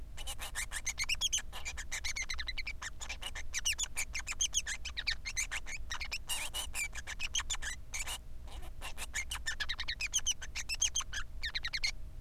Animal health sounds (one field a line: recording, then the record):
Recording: song of a male Bengalese finch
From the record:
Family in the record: son of father 3